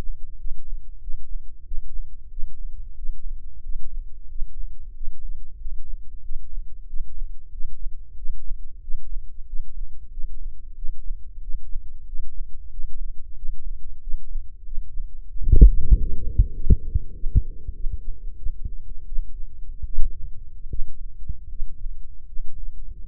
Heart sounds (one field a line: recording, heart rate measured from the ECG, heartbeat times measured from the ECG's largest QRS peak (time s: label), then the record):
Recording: heart sounds by microphone in the right ear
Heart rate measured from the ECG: 90 bpm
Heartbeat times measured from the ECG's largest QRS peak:
0.36 s: heartbeat
0.99 s: heartbeat
1.63 s: heartbeat
2.29 s: heartbeat
2.95 s: heartbeat
3.61 s: heartbeat
4.27 s: heartbeat
4.93 s: heartbeat
5.57 s: heartbeat
6.21 s: heartbeat
6.85 s: heartbeat
7.50 s: heartbeat
8.15 s: heartbeat
8.80 s: heartbeat
9.45 s: heartbeat
10.09 s: heartbeat
10.74 s: heartbeat
11.39 s: heartbeat
12.04 s: heartbeat
12.69 s: heartbeat
13.34 s: heartbeat
13.99 s: heartbeat
14.63 s: heartbeat
15.27 s: heartbeat
15.90 s: heartbeat
16.52 s: heartbeat
17.12 s: heartbeat
17.72 s: heartbeat
18.35 s: heartbeat
19.05 s: heartbeat
19.86 s: heartbeat
20.67 s: heartbeat
21.48 s: heartbeat
22.24 s: heartbeat
22.97 s: heartbeat
From the record:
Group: healthy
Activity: breath hold 0-17 s, rest 17-23 s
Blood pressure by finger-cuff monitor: 93/62 mmHg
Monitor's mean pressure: 71 mmHg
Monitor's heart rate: 92 bpm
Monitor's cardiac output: 7.2 L/min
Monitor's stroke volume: 77 mL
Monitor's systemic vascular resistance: 700 dyn s/cm5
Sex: male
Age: 19 years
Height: 178 cm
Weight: 83 kg